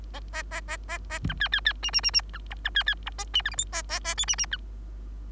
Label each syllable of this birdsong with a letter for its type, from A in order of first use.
A A A A A B C C C D D D D B E B C C E A D F G H A A A I D D B